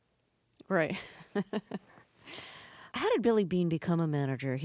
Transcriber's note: soundbite of laughter